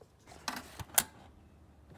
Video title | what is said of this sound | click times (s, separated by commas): BMW Coolant Pipe system Repair Replace How to 20i engine 2.0i radiator hose fix plastic fittings 1 3 | that was the click so it's really good to put your finger on the top fitting that's | 1.0 s